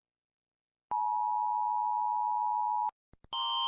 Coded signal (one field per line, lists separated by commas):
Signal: Emergency Alert System (SAME) tones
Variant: 853 and 960 Hz attention tone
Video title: Rating EAS sirens from around the world! 🌍🚨